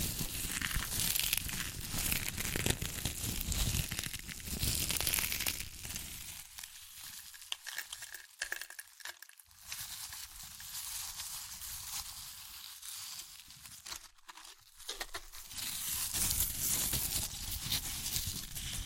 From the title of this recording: Satisfying Chips Crunchy Crushing & Eating Sounds